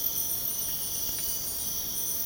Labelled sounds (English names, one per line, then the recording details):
none
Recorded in pastures near Puerto Asís, Putumayo, Colombia, on 29 June 2025 at 04:30
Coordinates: 0.496, -76.326
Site GP01